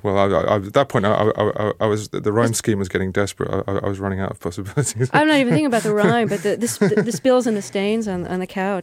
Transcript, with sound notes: Well, at that point, I was - the rhyme scheme was getting desperate. I was running out of possibilities (laughter).
I'm not even thinking about the rhyme, but the spills and the stains on the couch